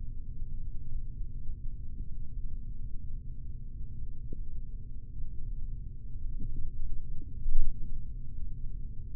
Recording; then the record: forearm muscle sounds (acoustic myography)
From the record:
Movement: rest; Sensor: system 3, bracelet of six PUI Audio POM-2738L microphones around the upper forearm, with dedicated amplification and filtering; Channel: 2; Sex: male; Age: 26 years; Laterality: right